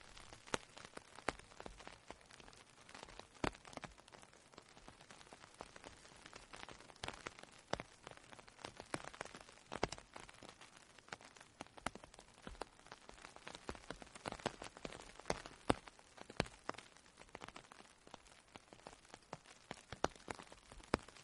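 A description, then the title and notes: Raindrops patter on leaves in a dense, steady stream of crisp ticks and taps for the whole stretch. The hits come irregularly but constantly, with brighter, louder drops standing out every second or so over a soft wet hiss. 8 Hours of Calming Rain Sounds.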